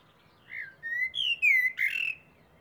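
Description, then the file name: Common blackbird song phrase of smooth, mellow fluting whistles sliding up and down, with a brief scratchy note near the end. "Turdus merula"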